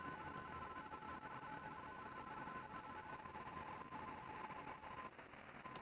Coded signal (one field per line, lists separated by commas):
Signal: RTTY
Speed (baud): 45.45 baud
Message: CQ TEST WW4LL WW4LL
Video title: North American QSO Party. RTTY . 07-18-2026